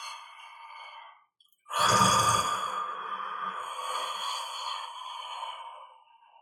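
A single slow breath cycle: a soft noisy inhale, a pause, then a loud rough exhale with a brief low fluttering rattle at its start. The flutter is snoring.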